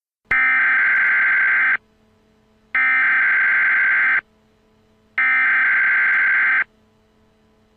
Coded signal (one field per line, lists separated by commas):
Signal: Emergency Alert System (SAME) tones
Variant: header bursts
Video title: EAS Scenario Special - The Crazy Freezever